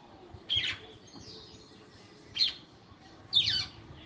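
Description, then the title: Red-cowled cardinal short song phrases: three brief bright chirpy bursts at uneven intervals, over a low steady background hum. Fiery female singing to the male. "Canto Galo Campina Fêmea. FÊMEA DE GALO DE CAMPINA FOGOSA CANTANDO PRO MACHO"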